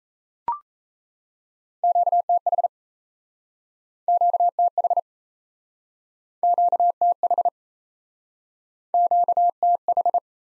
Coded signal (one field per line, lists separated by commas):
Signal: Morse code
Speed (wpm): 38 wpm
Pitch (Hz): 700 Hz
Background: none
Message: QTH QTH QTH QTH